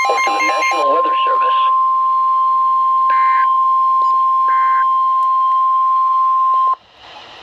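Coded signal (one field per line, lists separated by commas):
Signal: Emergency Alert System (SAME) tones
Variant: 1050 Hz attention tone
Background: speech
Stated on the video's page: NOAA Weather Radio transmissions on 162.400 and 162.500 MHz from Baltimore and Sudlersville, MD.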